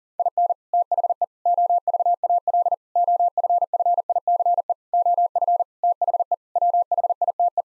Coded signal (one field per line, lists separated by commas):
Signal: Morse code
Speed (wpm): 40 wpm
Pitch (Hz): 700 Hz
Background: none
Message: IN THE OVAL OFFICE OF THE WHITE